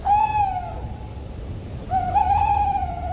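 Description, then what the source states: Tawny owl hooting: a steady hollow hoot, a pause of about a second, then a longer wavering hoot, over quiet background noise. Well-known night sound, said to cause fear in the forest though the birds are harmless.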